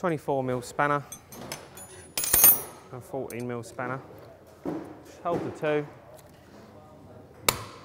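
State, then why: Released. A Honda Camino PA50 moped's metal clutch pulley (the drive pulley on the engine shaft) is pulled off its taper using a special Honda puller held with a 24 mm and a 14 mm spanner. Someone talks, then there are metallic tool clanks around 2.2 s, and finally one sharp, loud crack at 7.5 s as the pulley pops free. Nothing has broken.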